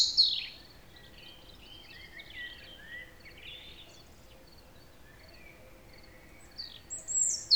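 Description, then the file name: European robin song: a sharp high note opens, followed by soft warbled whistles at lower volume, then a brighter phrase of thin notes at the close. "Erithacus rubecula"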